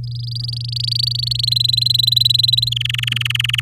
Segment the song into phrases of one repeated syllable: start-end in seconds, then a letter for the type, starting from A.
0.04-1.45 A, 1.47-2.69 B, 2.71-3.60 C